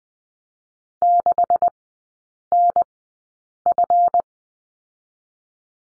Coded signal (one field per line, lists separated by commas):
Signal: Morse code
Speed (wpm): 20 wpm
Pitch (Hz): 700 Hz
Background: none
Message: 6NF